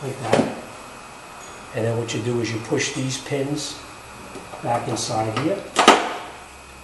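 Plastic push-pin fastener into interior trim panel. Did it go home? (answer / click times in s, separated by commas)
yes / 5.9 s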